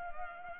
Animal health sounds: mosquito wingbeat signal from an infrared sensor; Culex pipiens

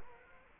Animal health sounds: mosquito wingbeat signal from an infrared sensor; Culex quinquefasciatus

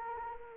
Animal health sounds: mosquito wingbeat signal from an infrared sensor; Anopheles arabiensis

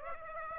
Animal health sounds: mosquito wingbeat signal from an infrared sensor; Aedes aegypti

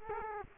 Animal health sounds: mosquito wingbeat signal from an infrared sensor; Culex quinquefasciatus

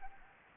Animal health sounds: mosquito wingbeat signal from an infrared sensor; Anopheles gambiae

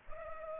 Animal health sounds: mosquito wingbeat signal from an infrared sensor; Culex pipiens

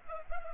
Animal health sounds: mosquito wingbeat signal from an infrared sensor; Culex pipiens

